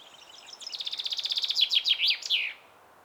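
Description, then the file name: Common chaffinch singing a rapid series of sharp notes, then a few louder notes and a terminal flourish, with faint background hiss. "Fringilla coelebs"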